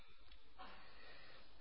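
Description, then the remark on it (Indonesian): A heavy breath: a short intake followed by a long, breathy exhale that hisses for about a second, soft and steady with no voice, taken by a speaker during a talk at Masjid Agung Nur Sulaiman, Banyumas. “Saya nafas besar ya kan.”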